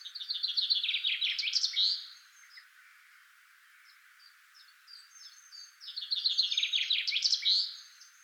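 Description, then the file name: Common chaffinch song repeated twice about six seconds apart, each a quick rattling series dropping in pitch into an emphatic ending, with faint high twitters in the pause. "Fringilla coelebs"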